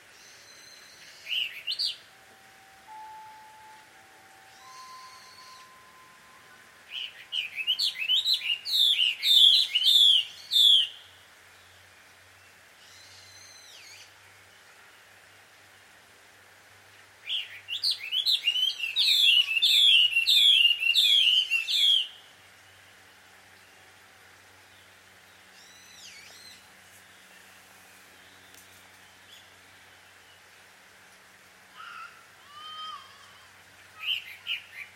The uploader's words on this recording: 鳥の夫婦喧嘩 – Birds Quarrel At Dusk. Recorded in Takao Japan.